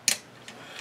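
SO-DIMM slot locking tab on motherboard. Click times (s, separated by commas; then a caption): 0.1 s. A SO-DIMM RAM slot locking tab on an ASRock J5040 motherboard is flicked from closed to open, releasing with a sharp, bright click at 0.1 s. A much fainter tick follows at about 0.5 s over a quiet background.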